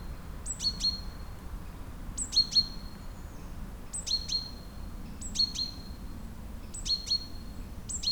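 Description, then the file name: Great tit calls in a repeated series, each a brief high note falling to a pair of lower pips. "Parus major"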